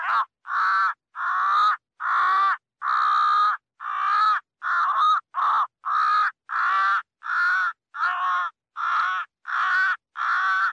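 Crow calling with many repeated harsh caws, each rough and nasal, with brief silences between.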